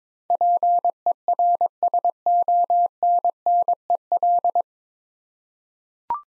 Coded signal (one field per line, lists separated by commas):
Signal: Morse code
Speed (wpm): 22 wpm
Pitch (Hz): 700 Hz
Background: none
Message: PERSONNEL